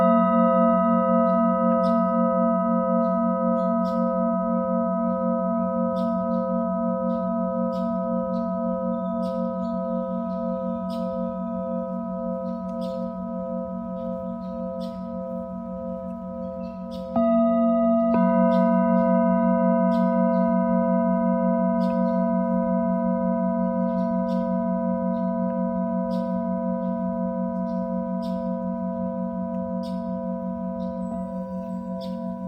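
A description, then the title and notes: A Tibetan singing bowl rings in a long, steady drone with a low warm hum and several bright overtones that pulse gently as it is rubbed. Just after seventeen seconds the tone shifts slightly and swells louder, then sustains evenly to the end, with faint ticks above. Tibetan Singiing Bowl のサウンドヒーリング. 屋外収録 緑の中で.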